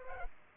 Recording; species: mosquito wingbeat signal from an infrared sensor; Culex pipiens